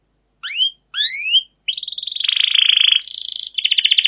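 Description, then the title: Canary giving two rising whistled notes, then a dense buzzy rattle and a quicker pulsed trill at the end. Long, continuous rolling canary song used as a lure to train other canaries to sing. "CUIT CUIT NGEROL LANGSUNG GACOR PANJANG Kenari Ini AMPUH Utk Pancingan KENARI"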